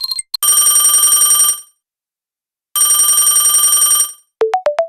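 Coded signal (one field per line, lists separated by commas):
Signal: none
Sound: a telephone ringtone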